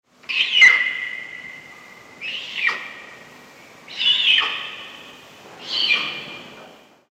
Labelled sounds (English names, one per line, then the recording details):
Puma
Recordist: Tembrock, Günter
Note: Rufe eines Männchens